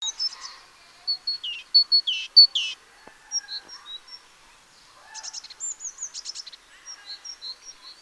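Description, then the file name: Great tit giving varied high chirps and clipped two-note phrases in quick, irregular bursts, with a brief pause before a further run of notes. "Parus major"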